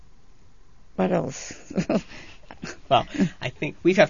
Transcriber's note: she laughs